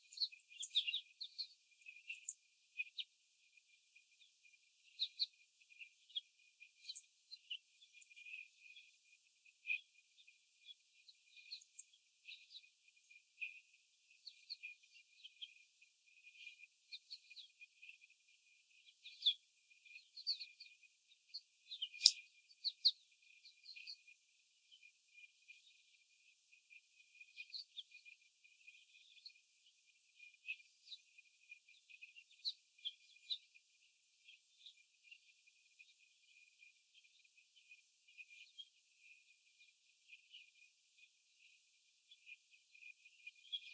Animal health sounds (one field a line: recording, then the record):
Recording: young laying hens in a cage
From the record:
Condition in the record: after the stressor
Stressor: simulated dog barking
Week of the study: 4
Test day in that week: 3